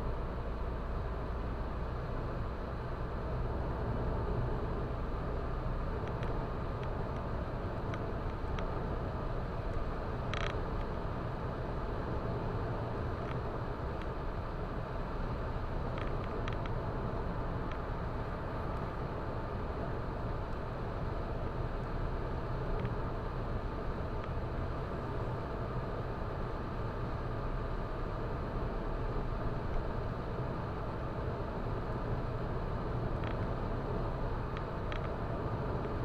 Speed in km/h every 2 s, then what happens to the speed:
107, 109, 112, 115, 116, 116, 116, 116, 116, 118, 114, 114, 114, 115, 114, 115, 115, 115.
0-7 speeds up to 116. 7-36 steady at about 115.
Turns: none.